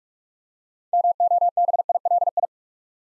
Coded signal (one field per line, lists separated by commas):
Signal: Morse code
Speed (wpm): 45 wpm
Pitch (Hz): 700 Hz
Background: none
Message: MOBILI